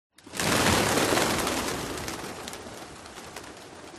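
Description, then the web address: Pigeons' wings clatter in a sudden loud burst of flapping as a flock takes off, then the flutter slowly fades. Frightened flock of pigeons taking off with difficulty. "bandada de palomas asustadas que levantan el vuelo con dificultad"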